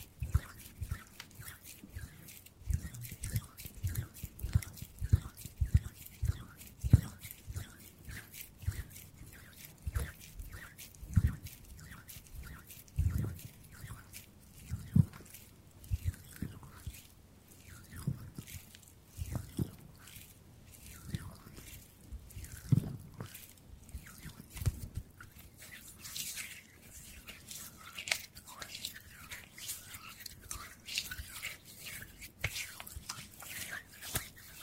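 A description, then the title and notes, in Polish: Hand sounds: a dense run of soft taps, pats and low thumps, with quick clicky rustles between them, arriving irregularly several times a second. After about 26 seconds the texture turns brighter and hissier, like rubbing and scratching of skin. ASMR DŹWIĘKI DŁONI 40 MINUT! 50+ DŹWIĘKÓW.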